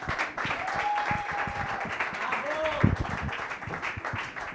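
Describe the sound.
A crowd applauds steadily throughout at a stand-up comedy night as a comedian is introduced on stage, dense clapping with cheering voices mixed in and a couple of sliding whistles rising above the noise.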